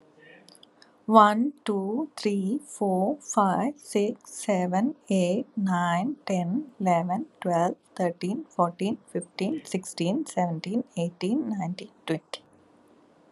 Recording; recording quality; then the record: counting at a normal pace; excellent, no background noise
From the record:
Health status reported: recovered from COVID-19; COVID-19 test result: positive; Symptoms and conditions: none ticked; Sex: female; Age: 38 years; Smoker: not ticked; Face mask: not worn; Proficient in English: yes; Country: India